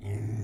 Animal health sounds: pig call; weaner (32 to 43 days)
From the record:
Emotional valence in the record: negative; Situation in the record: negative conditioning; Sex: female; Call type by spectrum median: low-frequency call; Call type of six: low-frequency stable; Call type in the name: low-frequency stable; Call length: 0.44 s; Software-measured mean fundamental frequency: 53 Hz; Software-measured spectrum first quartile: 104 Hz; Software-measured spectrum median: 143 Hz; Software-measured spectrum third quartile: 354 Hz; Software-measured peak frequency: 110 Hz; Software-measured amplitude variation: 99 dB a second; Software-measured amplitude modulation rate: 17.1 a second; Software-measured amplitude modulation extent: 5.8 dB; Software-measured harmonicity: -0.1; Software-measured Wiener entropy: -0.58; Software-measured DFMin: 1103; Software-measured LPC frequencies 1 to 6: 2055, 3300, 6161, 6900, 9220, 9515 Hz

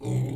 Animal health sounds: pig call; weaner (32 to 43 days)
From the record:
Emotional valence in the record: negative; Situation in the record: novel object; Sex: female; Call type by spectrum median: low-frequency call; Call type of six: low-frequency stable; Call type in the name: low-frequency stable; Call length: 0.36 s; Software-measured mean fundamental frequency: 63 Hz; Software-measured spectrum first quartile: 126 Hz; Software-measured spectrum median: 187 Hz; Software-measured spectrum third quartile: 469 Hz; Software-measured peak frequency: 131 Hz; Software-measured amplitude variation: 115 dB a second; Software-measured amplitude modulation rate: 23.6 a second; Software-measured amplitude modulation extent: 4.9 dB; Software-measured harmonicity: 0.8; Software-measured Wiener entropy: -0.67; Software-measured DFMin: 1660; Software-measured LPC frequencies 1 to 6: 2154, 3518, 5851, 7080, 7955, 9789 Hz

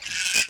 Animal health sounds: pig call; piglet (1 to 25 days)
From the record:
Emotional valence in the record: negative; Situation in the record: castration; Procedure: castration, shear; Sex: male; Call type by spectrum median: high-frequency call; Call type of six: high-frequency modulated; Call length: 0.49 s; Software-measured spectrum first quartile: 2509 Hz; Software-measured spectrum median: 4052 Hz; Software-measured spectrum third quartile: 6416 Hz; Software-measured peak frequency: 2498 Hz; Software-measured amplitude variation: 163 dB a second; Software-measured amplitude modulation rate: 20.2 a second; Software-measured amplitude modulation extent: 8.1 dB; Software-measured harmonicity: 0.5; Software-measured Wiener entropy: -1.46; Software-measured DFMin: 747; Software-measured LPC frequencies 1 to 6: 1594, 2506, 3097, 5038, 6692, 7558 Hz

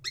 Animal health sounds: pig call; weaner (32 to 43 days)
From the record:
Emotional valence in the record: negative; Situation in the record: long isolation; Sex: female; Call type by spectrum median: high-frequency call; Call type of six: high-frequency stable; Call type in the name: high-frequency stable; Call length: 0.10 s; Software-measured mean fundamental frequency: 342 Hz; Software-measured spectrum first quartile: 2487 Hz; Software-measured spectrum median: 3960 Hz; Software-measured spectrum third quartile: 4656 Hz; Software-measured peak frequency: 4232 Hz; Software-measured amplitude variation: 212 dB a second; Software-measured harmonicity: 9.6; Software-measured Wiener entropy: -4.37

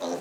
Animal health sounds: pig call; piglet (1 to 25 days)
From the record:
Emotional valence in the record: negative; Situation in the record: missed nursing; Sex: male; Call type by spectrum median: low-frequency call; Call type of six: low-frequency stable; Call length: 0.21 s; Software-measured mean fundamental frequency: 51 Hz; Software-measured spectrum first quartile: 448 Hz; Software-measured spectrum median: 692 Hz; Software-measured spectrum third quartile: 1979 Hz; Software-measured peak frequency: 524 Hz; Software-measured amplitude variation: 82 dB a second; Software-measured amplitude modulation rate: 16.8 a second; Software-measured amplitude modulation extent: 4.9 dB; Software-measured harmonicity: 2.4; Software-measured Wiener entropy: -1.82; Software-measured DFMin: 1110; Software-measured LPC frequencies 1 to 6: 548, 2558, 3964, 5933, 7448, 8070 Hz

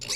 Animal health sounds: pig call; weaner (32 to 43 days)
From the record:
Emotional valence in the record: negative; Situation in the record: long isolation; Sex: female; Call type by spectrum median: high-frequency call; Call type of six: mixed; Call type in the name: high-frequency stable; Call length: 0.17 s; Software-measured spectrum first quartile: 3377 Hz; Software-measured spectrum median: 4870 Hz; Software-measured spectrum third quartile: 6282 Hz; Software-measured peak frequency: 4578 Hz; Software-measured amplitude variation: 148 dB a second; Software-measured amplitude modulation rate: 27.1 a second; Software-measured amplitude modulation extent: 5.5 dB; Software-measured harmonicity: 2.5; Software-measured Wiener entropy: -1.90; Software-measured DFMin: 1190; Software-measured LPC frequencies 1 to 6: 764, 2302, 2617, 3878, 4507, 5109 Hz

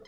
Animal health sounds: pig call; piglet (1 to 25 days)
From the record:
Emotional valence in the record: negative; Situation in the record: long isolation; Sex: female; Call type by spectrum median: low-frequency call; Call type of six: mixed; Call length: 0.07 s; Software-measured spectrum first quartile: 425 Hz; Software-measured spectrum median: 904 Hz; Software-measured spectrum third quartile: 3054 Hz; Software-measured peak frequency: 445 Hz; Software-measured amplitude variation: 64 dB a second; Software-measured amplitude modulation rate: 6.7 a second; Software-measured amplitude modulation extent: 9.6 dB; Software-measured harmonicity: 4.2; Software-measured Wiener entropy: -3.30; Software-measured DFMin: 900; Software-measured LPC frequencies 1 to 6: 483, 1219, 1983, 3152, 4082, 5162 Hz

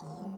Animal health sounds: pig call; piglet (1 to 25 days)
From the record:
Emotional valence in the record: negative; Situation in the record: long isolation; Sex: male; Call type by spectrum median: low-frequency call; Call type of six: low-frequency stable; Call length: 0.38 s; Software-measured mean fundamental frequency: 64 Hz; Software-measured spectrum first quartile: 189 Hz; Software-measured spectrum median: 307 Hz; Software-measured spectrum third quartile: 749 Hz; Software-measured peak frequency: 193 Hz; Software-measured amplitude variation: 102 dB a second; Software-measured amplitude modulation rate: 23.8 a second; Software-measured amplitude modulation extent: 4.3 dB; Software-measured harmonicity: 5.9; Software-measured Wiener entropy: -0.41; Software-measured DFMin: 1423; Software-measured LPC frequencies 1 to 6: 774, 2837, 4522, 5319, 6034, 6990 Hz

